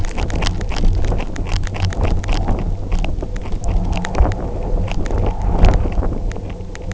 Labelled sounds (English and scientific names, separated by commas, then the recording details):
none
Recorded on Arctic tundra, site UTQI-0, on 29 June 2018
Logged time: 08:00